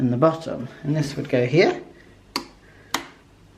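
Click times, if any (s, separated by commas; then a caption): 2.4 s, 3.0 s. Someone talks, then a magnetic plaque is pressed into its slot in a Wicked Brick display case base for the LEGO Disney Castle 71040. The magnets at the top and bottom pull it home with two sharp ticks at 2.4 s and 3.0 s, and the plaque is seated.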